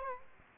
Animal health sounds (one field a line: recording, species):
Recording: mosquito wingbeat signal from an infrared sensor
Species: Culex quinquefasciatus